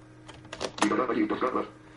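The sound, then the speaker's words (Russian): A few sharp computer keyboard key clicks in quick succession as Ctrl+Tab is pressed to switch between two open tracks in an audio editing program, followed by a screen reader voice speaking briefly in a steady, even tone, announcing the guitar track. “И поскольку у нас открыто в программе несколько, ну сейчас два трека, двигаться между ними можно командой клавиатурной Ctrl Tab.”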